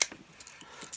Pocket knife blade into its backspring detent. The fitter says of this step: we've got the main blade nice half stop we like half stops snaps into place very convincingly